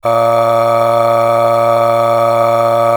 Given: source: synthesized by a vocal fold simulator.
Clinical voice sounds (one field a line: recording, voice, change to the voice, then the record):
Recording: sustained vowel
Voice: male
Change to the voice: aspiration noise (breathiness), level 9 of 10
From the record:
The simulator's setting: 3.35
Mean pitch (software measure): 116 Hz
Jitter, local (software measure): 0.91%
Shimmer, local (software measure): 9.7%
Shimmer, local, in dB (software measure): 0.85 dB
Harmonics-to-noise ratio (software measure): 13.1 dB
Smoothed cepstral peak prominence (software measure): 13.4 dB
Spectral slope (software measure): -16.7 dB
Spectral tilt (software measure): -8.4 dB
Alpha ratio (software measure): -7.1 dB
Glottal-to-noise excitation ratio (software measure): 0.881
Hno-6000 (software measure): 1.9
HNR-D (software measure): 22.6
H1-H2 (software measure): 5.0 dB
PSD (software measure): 6.4e-05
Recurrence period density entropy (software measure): 0.121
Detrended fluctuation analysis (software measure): 0.0539